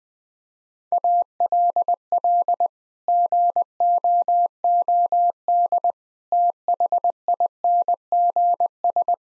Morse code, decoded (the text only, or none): ALL GOOD THINGS